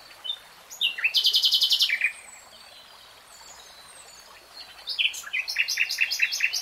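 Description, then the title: Nightingale song: a fast, loud rattling trill of repeated notes, then a pause and a second burst of varied, churring phrases. Singing in real time. "[Tiếng chim hót] 3 Hours REALTIME Nightingale Singing"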